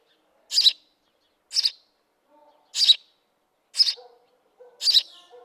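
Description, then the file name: House sparrow calls, five sharp, rough chirps spaced about a second apart, with a few faint low whistles between them. "Passer domesticus"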